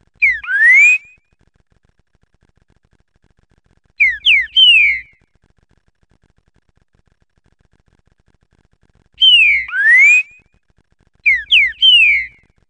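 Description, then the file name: Green-winged saltator song: short bursts of rich, slurred whistles rising and falling, delivered in four phrases separated by silent gaps of one to four seconds. "suara trincaferro omkicau"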